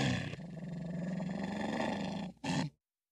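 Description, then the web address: Wolf growling, a long rough droning growl for over two seconds, then a brief louder snarl burst before silence. "animals wild|wolves"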